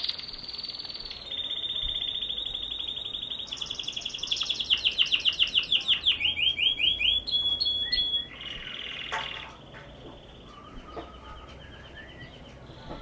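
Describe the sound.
Canary song: loud high rolled tours, then a series of fast repeated swooping notes, fading to softer scattered chirps toward the end.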